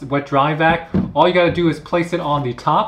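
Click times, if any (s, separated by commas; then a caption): none. A lid is being placed on top of a Vacmaster Professional wet/dry shop vac drum, with plastic side clips meant to latch it on both sides. Someone talks throughout. Nothing has seated or clicked yet.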